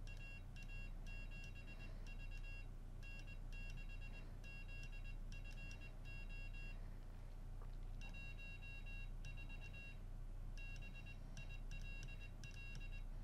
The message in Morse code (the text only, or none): AA7V N6ZFO 14 BILL